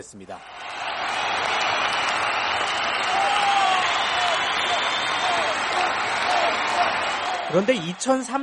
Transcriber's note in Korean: 녹취: 경기장 관중 함성